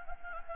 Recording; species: mosquito wingbeat signal from an infrared sensor; Anopheles gambiae